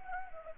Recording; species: mosquito wingbeat signal from an infrared sensor; Anopheles arabiensis